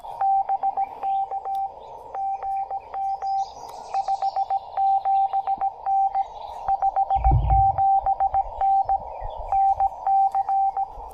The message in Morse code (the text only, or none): BK GM 57N 57N NC